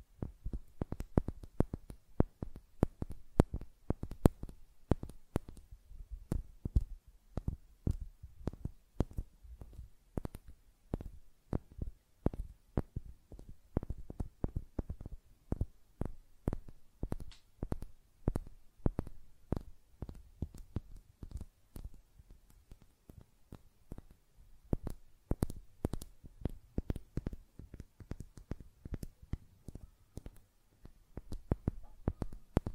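Fingernails tap and flutter in quick, irregular bursts, each click sharp and crisp with a soft low thud beneath. The tapping runs nearly continuously for the whole stretch, sometimes in dense rapid clusters, sometimes briefly thinning out, with quiet gaps between.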